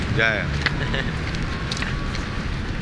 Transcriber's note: laughs at something